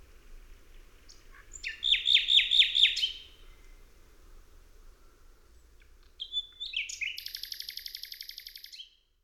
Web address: tydzien eko MEDIA slowik rdzawy